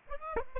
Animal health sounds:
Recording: mosquito wingbeat signal from an infrared sensor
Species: Aedes aegypti

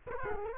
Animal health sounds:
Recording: mosquito wingbeat signal from an infrared sensor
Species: Culex quinquefasciatus

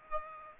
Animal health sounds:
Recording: mosquito wingbeat signal from an infrared sensor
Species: Aedes aegypti

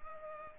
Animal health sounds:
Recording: mosquito wingbeat signal from an infrared sensor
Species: Culex pipiens

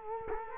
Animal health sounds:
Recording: mosquito wingbeat signal from an infrared sensor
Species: Culex quinquefasciatus

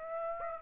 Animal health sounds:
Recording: mosquito wingbeat signal from an infrared sensor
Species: Aedes aegypti

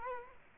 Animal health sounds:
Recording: mosquito wingbeat signal from an infrared sensor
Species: Culex quinquefasciatus

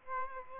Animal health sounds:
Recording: mosquito wingbeat signal from an infrared sensor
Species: Aedes aegypti

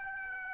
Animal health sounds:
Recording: mosquito wingbeat signal from an infrared sensor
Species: Aedes aegypti

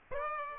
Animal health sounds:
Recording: mosquito wingbeat signal from an infrared sensor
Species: Aedes aegypti

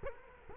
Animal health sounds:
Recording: mosquito wingbeat signal from an infrared sensor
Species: Culex quinquefasciatus

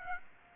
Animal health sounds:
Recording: mosquito wingbeat signal from an infrared sensor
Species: Aedes aegypti

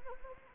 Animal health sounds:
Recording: mosquito wingbeat signal from an infrared sensor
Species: Anopheles arabiensis

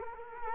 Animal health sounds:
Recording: mosquito wingbeat signal from an infrared sensor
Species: Culex quinquefasciatus

